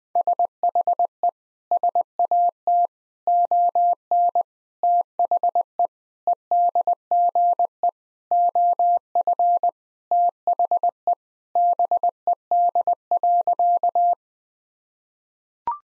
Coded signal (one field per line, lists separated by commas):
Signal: Morse code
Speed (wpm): 21 wpm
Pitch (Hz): 700 Hz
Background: none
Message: SHE SAT ON THE EDGE OF THE BED.